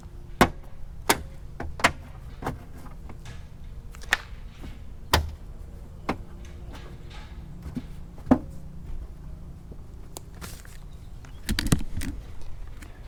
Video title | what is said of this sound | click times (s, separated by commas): How to Remove or Replace Fender Flares - Toyota Tacoma | all right you can see that part did not take long at all just make sure you listen for each one to hear it click so you know that's secure | 0.4 s, 1.1 s, 1.9 s, 4.1 s, 5.1 s, 11.6 s